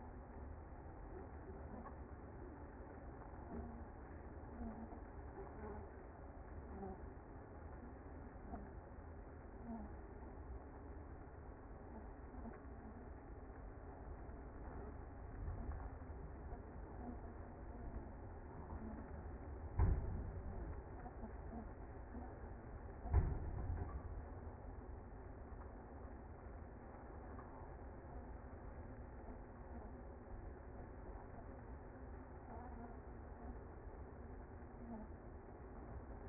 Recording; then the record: honeybee colony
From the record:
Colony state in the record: active